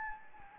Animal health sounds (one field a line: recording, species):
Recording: mosquito wingbeat signal from an infrared sensor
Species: Anopheles gambiae